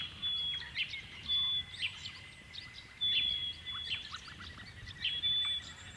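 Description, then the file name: Honeyeater song with a sharp whistled phrase ending in a quick flick, repeated roughly every second amid softer chirping. "Honeyeaters Sing"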